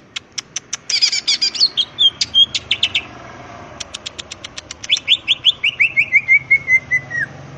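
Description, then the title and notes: Greater green leafbird song, energetic and high: quick clicking ticks mixed with bright whistled notes, then a long descending series of slurred whistles, over a steady background hiss. Singing vigorously (gacor) with crest raised; melodious song described as suitable for master recordings used to train other greater green leafbirds. "Cucak Ijo Gacor Ngentrok Jambul Nembak. suara burung cucak ijo gacor, merdu cocok buat masteran burung cucak ijo"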